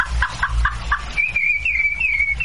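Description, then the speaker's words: Thrush singing, a few quick repeated notes followed by a clear, fluting whistled warble that rises and falls. Played on a radio programme; the thrush wakes people at 4 in the morning. "Es el zorzal. Que se nos despierta a las 4 de la mañana."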